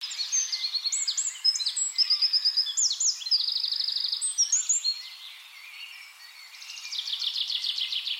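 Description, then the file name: Eurasian wren song, a loud rapid outpouring of high, sharp notes and fast buzzy trills, with a softer lull before a final quick rattling trill. "Troglodytes troglodytes"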